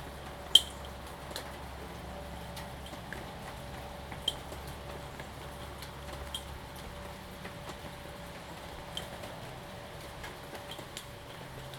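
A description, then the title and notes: A thunderstorm on the Lava Lamp Lounge patio: a low, steady rumble and a faint constant tone sit under scattered ticks and drips. A sharp tap lands near the start, with others around four and nine seconds; the low rumble thins out after about seven seconds. Salem Oregon thunderstorm, recorded live from the Lava Lamp Lounge patio. The storm began at roughly 4:30 PM. This is a raw audio recording, made with a ZOOM H2n Recorder.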